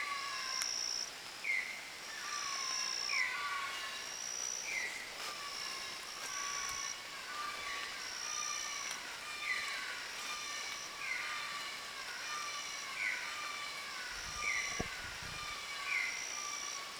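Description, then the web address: Bird chirps: short down-slurred notes repeated about every one and a half seconds, over an on-and-off high buzzing and a soft background. "gallery oiseaux. Mes treks"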